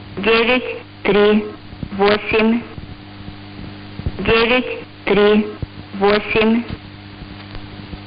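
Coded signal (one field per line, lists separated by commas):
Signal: numbers station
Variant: S06s, Russian female voice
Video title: 20 07 2021 Number station S06s Russian Lady in Russian to Eu 0733 on 7365 unknown tx site in CUSB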